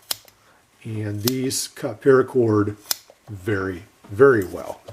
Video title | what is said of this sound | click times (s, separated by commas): Bibury 22-in-1 Better Than Roxon Spark Or Leatherman Signal Multi-Tool? | and you have to really push them in place to make them snap in place. | 0.1 s